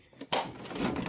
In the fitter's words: There you go. Hear the click.